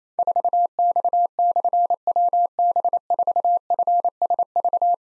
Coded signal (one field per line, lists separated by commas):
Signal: Morse code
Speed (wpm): 29 wpm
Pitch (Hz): 700 Hz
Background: none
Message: 4X/WB4FSV